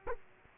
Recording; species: mosquito wingbeat signal from an infrared sensor; Culex quinquefasciatus